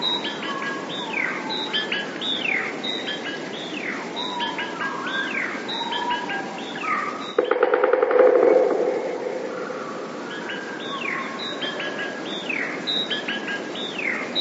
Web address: wroblowe teka 2 spiew 32. wroblowe teka modraszkoteka